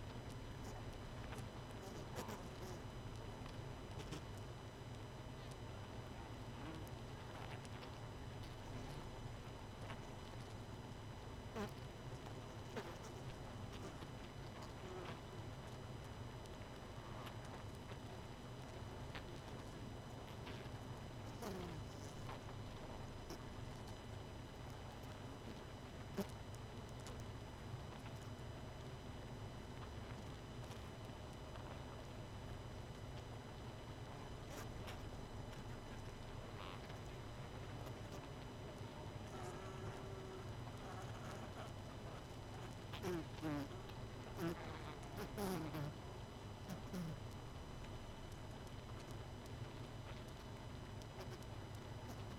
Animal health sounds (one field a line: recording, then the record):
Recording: honeybee colony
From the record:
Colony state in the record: missing queen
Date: 31 May 2018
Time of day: 22:56